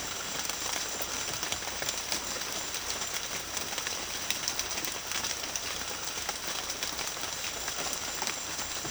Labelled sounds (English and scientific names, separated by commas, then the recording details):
none
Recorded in secondary vegetation near Puerto Asís, Putumayo, Colombia, on 24 June 2025 at 18:00
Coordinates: 0.500, -76.326
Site GP08